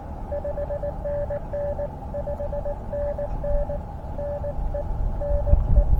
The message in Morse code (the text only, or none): 5NN 5NN NE NE